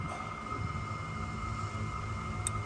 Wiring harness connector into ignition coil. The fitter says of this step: harness back in. You'll hear a click.